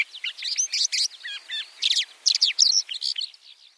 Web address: white winged lark bird call